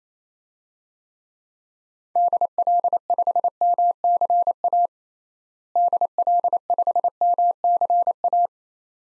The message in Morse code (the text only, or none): DL5MCA DL5MCA